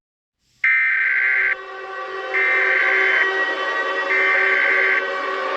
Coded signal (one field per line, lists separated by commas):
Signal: Emergency Alert System (SAME) tones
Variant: header bursts